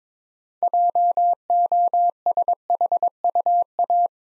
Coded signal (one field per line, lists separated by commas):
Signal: Morse code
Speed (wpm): 22 wpm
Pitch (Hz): 700 Hz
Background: none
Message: JOSHUA